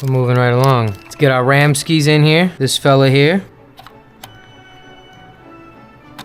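Someone talks for the first few seconds while handling a RAM memory module meant for a motherboard DIMM slot. After that come quiet handling noises with a couple of brief sharp taps around 3.9 and 4.2 seconds. Nothing has seated or clicked yet, and the module is not yet home in the slot.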